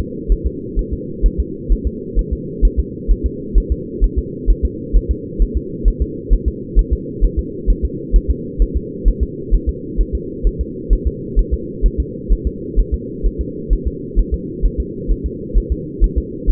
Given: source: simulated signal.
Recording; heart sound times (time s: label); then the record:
fetal heart sounds
0.32 s: S1
0.47 s: S2
0.79 s: S1
0.93 s: S2
1.26 s: S1
1.40 s: S2
1.72 s: S1
1.87 s: S2
2.19 s: S1
2.33 s: S2
2.65 s: S1
2.79 s: S2
3.11 s: S1
3.26 s: S2
3.58 s: S1
3.72 s: S2
4.04 s: S1
4.19 s: S2
4.50 s: S1
4.65 s: S2
4.97 s: S1
5.11 s: S2
5.42 s: S1
5.57 s: S2
5.88 s: S1
6.02 s: S2
6.33 s: S1
6.48 s: S2
6.79 s: S1
6.93 s: S2
7.25 s: S1
7.39 s: S2
7.70 s: S1
7.85 s: S2
8.16 s: S1
8.31 s: S2
8.62 s: S1
8.77 s: S2
9.08 s: S1
9.23 s: S2
9.54 s: S1
9.69 s: S2
10.01 s: S1
10.15 s: S2
10.47 s: S1
10.61 s: S2
10.93 s: S1
11.07 s: S2
11.39 s: S1
11.54 s: S2
11.86 s: S1
12.00 s: S2
12.32 s: S1
12.47 s: S2
12.79 s: S1
12.94 s: S2
13.26 s: S1
13.41 s: S2
13.73 s: S1
13.88 s: S2
14.19 s: S1
14.34 s: S2
14.65 s: S1
14.80 s: S2
15.11 s: S1
15.26 s: S2
15.58 s: S1
15.72 s: S2
16.04 s: S1
16.18 s: S2
16.50 s: S1
From the record:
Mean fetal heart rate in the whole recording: 130 bpm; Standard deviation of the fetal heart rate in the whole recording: 2 bpm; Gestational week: 36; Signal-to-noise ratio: -4.1 dB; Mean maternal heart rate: no maternal heart sound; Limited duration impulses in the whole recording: absent